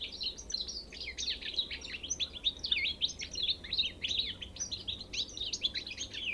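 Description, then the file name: European goldfinch, a continuous fast stream of bright, tinkling chirps and twitters, lively and unbroken for the whole stretch. "Carduelis carduelis"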